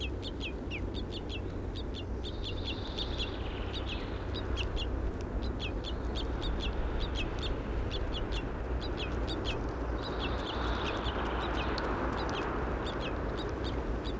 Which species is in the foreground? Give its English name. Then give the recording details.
Red Crossbill. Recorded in the wild. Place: Sassnitz, Insel Rügen, Mecklenburg-Vorpommern, DE. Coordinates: 54.516, 13.633. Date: 1972-05-31 18:00. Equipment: Nagra III BH, Sennheiser MD 21, parabola. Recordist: Schubert, Michael. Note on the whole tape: Gruppe Fichtenkreuzschnäbel, "Unterhaltung" m. Kurzrufen b. d. Nahrungssuche